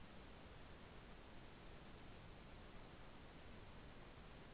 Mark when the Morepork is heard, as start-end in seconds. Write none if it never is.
none